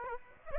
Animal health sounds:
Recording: mosquito wingbeat signal from an infrared sensor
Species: Aedes aegypti

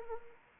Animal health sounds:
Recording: mosquito wingbeat signal from an infrared sensor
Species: Anopheles arabiensis

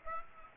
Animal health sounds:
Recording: mosquito wingbeat signal from an infrared sensor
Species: Aedes aegypti

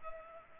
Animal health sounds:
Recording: mosquito wingbeat signal from an infrared sensor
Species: Culex pipiens

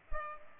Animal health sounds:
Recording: mosquito wingbeat signal from an infrared sensor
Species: Culex pipiens

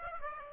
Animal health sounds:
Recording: mosquito wingbeat signal from an infrared sensor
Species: Aedes aegypti

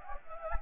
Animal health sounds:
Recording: mosquito wingbeat signal from an infrared sensor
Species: Anopheles gambiae

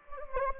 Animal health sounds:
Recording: mosquito wingbeat signal from an infrared sensor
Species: Anopheles gambiae

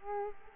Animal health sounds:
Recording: mosquito wingbeat signal from an infrared sensor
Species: Culex quinquefasciatus

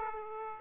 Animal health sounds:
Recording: mosquito wingbeat signal from an infrared sensor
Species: Aedes aegypti

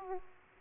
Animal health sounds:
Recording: mosquito wingbeat signal from an infrared sensor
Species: Aedes aegypti

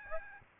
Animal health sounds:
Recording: mosquito wingbeat signal from an infrared sensor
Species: Aedes albopictus

